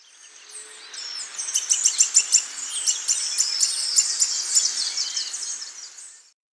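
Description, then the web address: Red-faced spinetail producing a fast, high, scratchy series of chips, building in loudness then tapering off. Recorded in Ecuador. "Natures Songs S America Birds of Ecuador Red-faced Spinetail"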